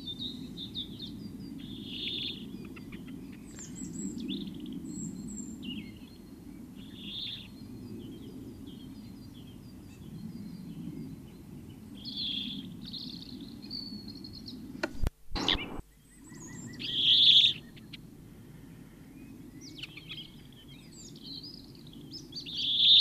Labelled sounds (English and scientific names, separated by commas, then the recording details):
European Greenfinch (Chloris chloris) call
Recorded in the wild
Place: Pfaffenbrunnen, Rheinland-Pfalz, DE
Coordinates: 49.412, 7.756
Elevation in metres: 399
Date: 1976-03-18
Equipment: Nagra IV, Sennheiser MKH 405, Parabolreflektor
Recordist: Tretzel, Erwin
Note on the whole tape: Mit sehr unreinem Rätschen